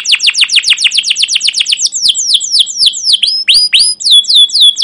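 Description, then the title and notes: Canary song of rapid downward-sweeping chirps repeated several times a second, slowing into spaced, looping whistled notes. Canary singing a long, rolling chirping song, used as a lure and master recording for young canaries learning sounds. "CUIT CUIT NGEROL LANGSUNG GACOR PANJANG Kenari Utk Pancingan KENAR. PANCINGAN Kenari GACOR PANJANG Cuit CUIT EMOSI utk MASTERAN Kenari PAUD belajar BUNYI. burung kenari"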